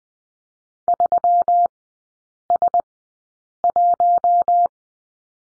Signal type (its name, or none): Morse code